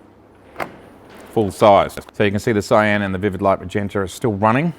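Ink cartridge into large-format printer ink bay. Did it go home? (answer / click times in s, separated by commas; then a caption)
yes / 0.6 s. A full-size pigment ink cartridge is pushed into the side ink bay of an Epson Stylus 20000/20070 64-inch wide-format printer and clicks home with a short, sharp click at 0.6 s. Afterwards someone talks.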